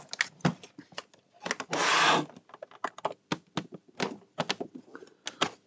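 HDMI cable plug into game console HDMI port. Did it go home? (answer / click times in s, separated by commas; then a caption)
no / none. An HDMI cable plug is pushed into the HDMI port of a PS4 console, producing a string of short plastic taps and scrapes with a longer rustling burst around 1.7–2.3 s. Nothing has seated or clicked yet: the plug does not lock in properly, only loosely at best, because the retaining catches inside the port appear damaged.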